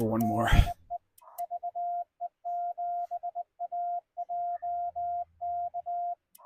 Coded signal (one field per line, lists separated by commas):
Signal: Morse code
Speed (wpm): 19 wpm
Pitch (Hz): 690 Hz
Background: speech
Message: DE VE7AJK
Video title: Parks on the Air Activation: CW Newbie at Bamberton Provincial Park